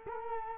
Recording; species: mosquito wingbeat signal from an infrared sensor; Culex quinquefasciatus